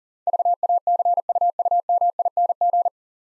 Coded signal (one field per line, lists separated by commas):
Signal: Morse code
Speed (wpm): 44 wpm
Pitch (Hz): 700 Hz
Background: none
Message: VACUUMING